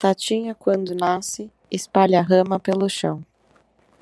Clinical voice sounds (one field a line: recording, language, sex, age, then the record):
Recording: short text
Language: Brazilian Portuguese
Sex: female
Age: 30 to 39 years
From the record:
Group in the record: control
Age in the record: 32 years